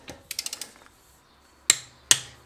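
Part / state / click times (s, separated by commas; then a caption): torque wrench on a wheel lug nut / torque reached / 1.7 s, 2.1 s. A torque wrench tightens another wheel lug nut on a Tesla Model S while the wheel is being changed. A quick run of light ratcheting ticks sounds around 0.3 to 0.6 s. Two sharp, loud clicks follow at 1.7 s and 2.1 s as the wrench reaches its set torque.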